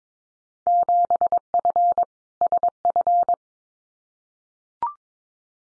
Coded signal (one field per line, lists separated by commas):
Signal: Morse code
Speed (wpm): 22 wpm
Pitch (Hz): 700 Hz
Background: none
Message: 7F SF